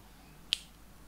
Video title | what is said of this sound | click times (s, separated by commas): Build a Wooden Treasure Chest Made from a log | it latches automatically with a satisfying click. | 0.5 s